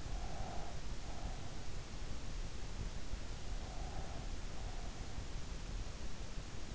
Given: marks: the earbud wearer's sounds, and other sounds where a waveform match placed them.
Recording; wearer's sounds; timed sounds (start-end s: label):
sounds in sleep by an in-ear microphone; breath
0.00-1.69 s: breath
3.57-5.42 s: breath